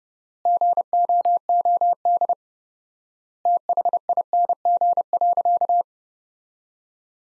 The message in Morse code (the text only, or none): GOOD THING.